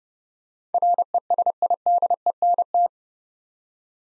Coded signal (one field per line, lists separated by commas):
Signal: Morse code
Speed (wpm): 30 wpm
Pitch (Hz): 700 Hz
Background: none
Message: RESIDENT